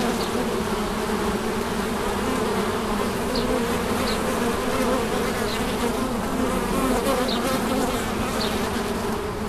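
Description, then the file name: Bees giving a continuous, even buzzing hum, unbroken throughout. Bees recorded at St Bonnet le Ch on 30 July 2016 with an MZ-N710 recorder. "Abeilles St Bonnet le Ch 30 07 16"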